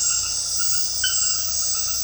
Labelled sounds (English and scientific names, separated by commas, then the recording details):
none
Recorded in dense forest near Puerto Asís, Putumayo, Colombia, on 20 February 2024 at 22:30
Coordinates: 0.487, -76.319
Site G6403